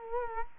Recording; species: mosquito wingbeat signal from an infrared sensor; Culex quinquefasciatus